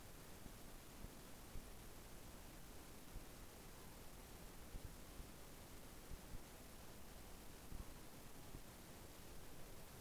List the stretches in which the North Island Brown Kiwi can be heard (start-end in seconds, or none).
none